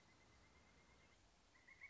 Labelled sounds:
Pileated Woodpecker (Dryocopus pileatus)
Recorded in Sonoma County, California

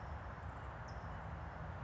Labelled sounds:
California Towhee (Melozone crissalis)
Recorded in Sonoma County, California

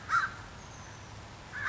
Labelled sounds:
American Crow (Corvus brachyrhynchos)
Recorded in Sonoma County, California

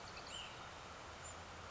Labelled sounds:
Ash-throated Flycatcher (Myiarchus cinerascens)
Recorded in Sonoma County, California

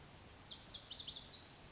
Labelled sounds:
Lazuli Bunting (Passerina amoena)
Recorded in Sonoma County, California

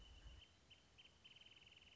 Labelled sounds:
Wrentit (Chamaea fasciata)
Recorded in Sonoma County, California

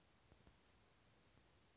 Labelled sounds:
Chestnut-backed Chickadee (Poecile rufescens)
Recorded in Sonoma County, California

